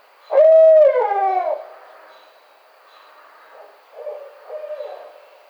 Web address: Barred Owl 2009 05 25 Barred Owl 01